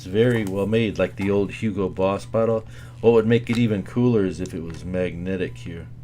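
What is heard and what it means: A plastic cap is being handled over a fragrance bottle while someone talks throughout. There is steady low hum and no distinct click, and the cap has not yet snapped onto the bottle by the end of the clip.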